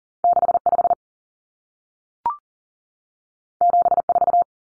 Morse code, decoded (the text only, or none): 65 74